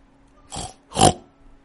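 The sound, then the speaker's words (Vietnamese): Two rough, breathy pig-like snorts, one short and one louder and longer, each a broad noisy burst separated by a brief pause, with no talking; the snoring of Tiểu Hắc, a black demon beast lying asleep at Từ Ngôn's feet. “Yêu thú màu đen vừa xuất hiện liền nằm sấp dưới chân của Từ Ngôn, nhắm mắt lại phát ra tiếng heo ngáy.”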